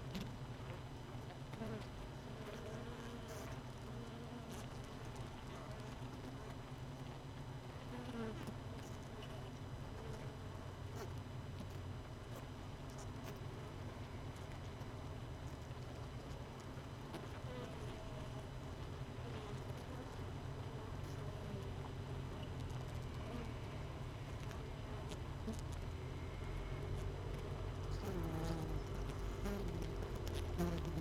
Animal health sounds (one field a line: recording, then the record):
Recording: honeybee colony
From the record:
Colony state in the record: missing queen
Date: 31 May 2018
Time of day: 17:48